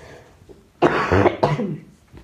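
Three short, forceful cough bursts in about two seconds from an adult woman with a cough and a cold, the first two close together and the third after a brief pause, muffled as she coughs into her elbow. Dry-sounding coughs in a quiet small room.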